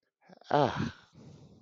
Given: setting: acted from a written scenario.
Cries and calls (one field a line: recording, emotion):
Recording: vocal sound without words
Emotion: serenity